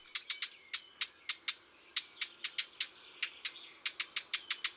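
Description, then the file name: Eurasian blackcap calling with abrupt, stone-like tack notes in uneven bursts, some closely doubled. "Fauvette a tete noire"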